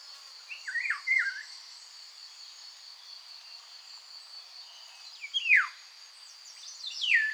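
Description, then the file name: Eurasian golden oriole, short warbled notes, then two strong falling whistled slurs near the end, over a steady high insect drone. "Loriot-d’Europe-Oriolus-oriolus"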